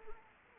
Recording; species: mosquito wingbeat signal from an infrared sensor; Anopheles arabiensis